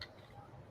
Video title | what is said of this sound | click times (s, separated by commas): WHAT IS THIS A HANGOUT STREAM? | I don't download the version of it it's like just kind of Clicks in place | 0.0 s